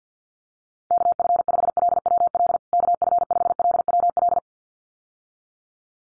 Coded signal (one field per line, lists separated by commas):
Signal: Morse code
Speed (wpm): 49 wpm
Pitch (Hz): 700 Hz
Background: none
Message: KF5LWL KF5LWL